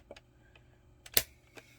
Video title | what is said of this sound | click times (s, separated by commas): Tutorial: Cinderella's Castle 3D Puzzle | And it's going to slide down so you hear a click. | 1.2 s